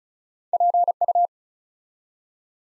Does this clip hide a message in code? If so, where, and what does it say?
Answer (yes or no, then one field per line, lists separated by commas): yes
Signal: Morse code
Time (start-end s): 0.5-1.3 s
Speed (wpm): 36 wpm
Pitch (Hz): 700 Hz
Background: none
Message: PU